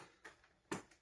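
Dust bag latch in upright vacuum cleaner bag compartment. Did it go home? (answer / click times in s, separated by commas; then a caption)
no / none. Someone works the plastic dust-bag latch inside the bag compartment of a Miele U1 premium upright vacuum, producing short plastic knocks at about 0.3, 0.4, 0.7 and 0.9 seconds, with the loudest at 0.7 seconds. The latch has not clicked into place.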